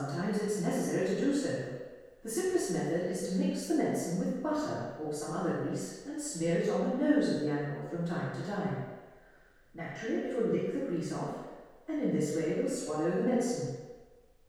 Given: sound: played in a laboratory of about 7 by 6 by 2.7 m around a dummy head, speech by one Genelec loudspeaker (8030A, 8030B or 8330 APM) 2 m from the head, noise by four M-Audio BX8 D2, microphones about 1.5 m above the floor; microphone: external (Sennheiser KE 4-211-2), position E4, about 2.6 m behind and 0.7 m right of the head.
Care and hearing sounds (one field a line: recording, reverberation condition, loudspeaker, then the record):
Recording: female speech in English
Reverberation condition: high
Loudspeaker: 120 degrees to the left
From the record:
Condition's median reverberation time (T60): about 1300 ms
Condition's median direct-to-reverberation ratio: about -4.0 dB